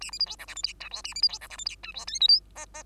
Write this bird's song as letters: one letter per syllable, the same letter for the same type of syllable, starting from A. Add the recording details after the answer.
A B C D E F G H I J A B C D E F G H I J K L M N N. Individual Bird2